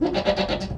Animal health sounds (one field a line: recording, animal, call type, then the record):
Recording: contact call of a hoofed animal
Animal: goat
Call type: low-frequency (closed-mouth) or high-frequency (open-mouth) call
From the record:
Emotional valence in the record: negative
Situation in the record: food frustration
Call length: 0.78 s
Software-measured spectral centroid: 1980 Hz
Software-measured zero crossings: 1790 a second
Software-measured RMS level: -24 dBFS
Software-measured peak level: -7 dBFS